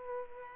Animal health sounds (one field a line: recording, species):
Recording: mosquito wingbeat signal from an infrared sensor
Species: Culex pipiens